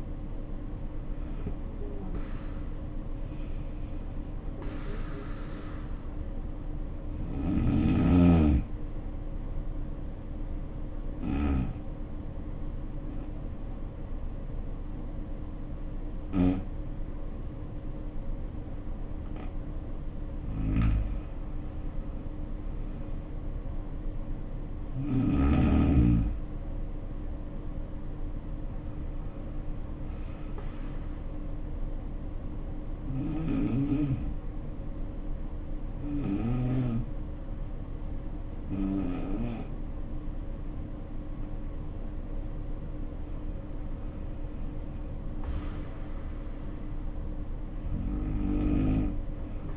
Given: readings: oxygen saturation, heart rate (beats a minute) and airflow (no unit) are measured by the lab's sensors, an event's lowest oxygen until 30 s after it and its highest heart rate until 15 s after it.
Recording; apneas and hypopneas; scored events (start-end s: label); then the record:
breathing in sleep by a smartphone at the bedside; 2
11.00-26.10 s: hypopnea (N2, oxygen 94% highest, then 90% lowest, heart rate 59 at the start, 69 highest)
32.00-43.30 s: hypopnea (N2, oxygen 93% highest, then 87% lowest, heart rate 69 at the start, 70 highest)
From the record:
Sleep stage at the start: N2 (light sleep); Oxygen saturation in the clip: 76 to 94%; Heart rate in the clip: 57 to 84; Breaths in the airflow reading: 12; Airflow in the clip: -7.4 to 6.1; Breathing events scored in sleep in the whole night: 520 in 7.2 hours asleep